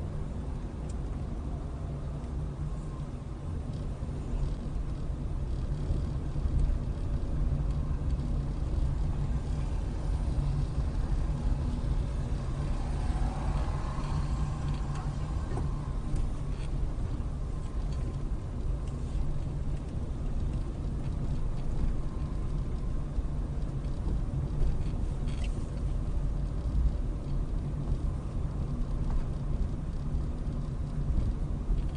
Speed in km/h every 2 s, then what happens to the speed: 15, 13, 16, 18, 18, 18, 18, 13, 15, 16, 18, 18, 18, 19, 19, 18.
0-15 steady at about 16. 15-25 speeds up to 19. 25-32 steady at about 19.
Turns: 12-15.